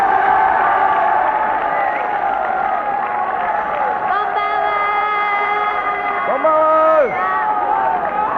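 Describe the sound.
A concert audience roars with sustained cheering and scattered high whoops, a dense, loud wall of voices that holds steady throughout, with a few rising and falling shouts standing out near the end, while light rain falls outside the venue.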